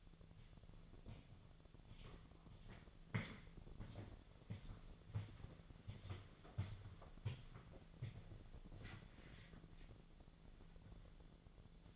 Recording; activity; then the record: daily activity, microphone in the room; walk to room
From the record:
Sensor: 4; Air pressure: 1000.8 hPa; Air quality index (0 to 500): 117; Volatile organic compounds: 1 ppm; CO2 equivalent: 889 ppm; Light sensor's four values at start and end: 59/147/62/67 and 57/141/60/64